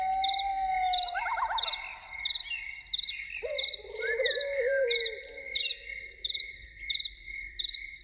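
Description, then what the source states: Loon with a held tone breaking into quavering notes, then a longer wavering call, set against steady pulsed cricket chirping throughout. Evening.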